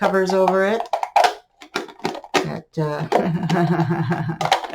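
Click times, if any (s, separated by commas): none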